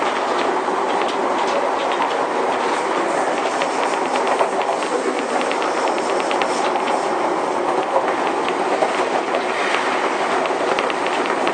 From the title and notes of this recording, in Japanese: 京王1000系 渋谷〜吉祥寺。急行運用を録音しました。